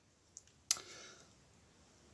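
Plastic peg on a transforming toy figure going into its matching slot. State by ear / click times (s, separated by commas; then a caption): seated / 0.7 s. A plastic peg on a Transformers Age of the Primes Voyager class Armada Sideways figure is lined up with its matching slot and pushed in during transformation. A faint tick comes at 0.4 s, then a sharp, bright click at 0.7 s with a short fading tail. The peg locks into place.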